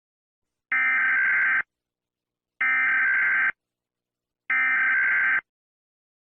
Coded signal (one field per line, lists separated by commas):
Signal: Emergency Alert System (SAME) tones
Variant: header bursts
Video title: EAS scenario #4 evil alphabet